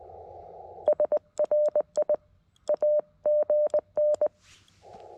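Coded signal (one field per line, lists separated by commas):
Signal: Morse code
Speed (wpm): 18 wpm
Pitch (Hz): 600 Hz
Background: none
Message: SRI AGN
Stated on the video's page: Morse from a POTA park activation at K-5221 on a portable radio, after a firmware update improved its CW.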